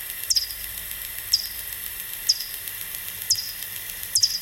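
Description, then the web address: Bat echolocation calls made audible: short descending clicks spaced roughly a second apart, five in all, against constant background hiss. Listening example of bat calls. "fledermaus hoerbeispiele-fledermausrufe fledermausruf"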